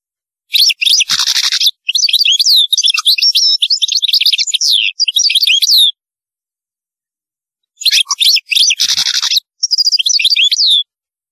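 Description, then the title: European goldfinch song: rapid twittering phrases of tinkling notes and buzzy rasping bursts, in two bursts separated by a pause of about two seconds. "Chant Chardonneret"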